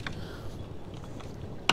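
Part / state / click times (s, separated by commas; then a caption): locking pin into boat davit winch mount / seated / 1.7 s. A metal locking pin is re-engaged on the winch mount of a Hurley H30 boat davit after the winch line has been let free-run down to the back. A low rumbling background with a few faint knocks leads to a single sharp, loud metallic hit at 1.7 s as the pin drops into place and seats.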